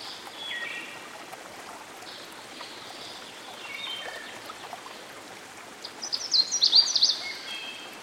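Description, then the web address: Canada warbler song: a quick, jumbled burst of bright chattering notes near the end, over steady rushing stream water with faint thin whistles earlier. Recorded by a stream. "Dan Gibson Songbirds By The Stream. Canada Warbler"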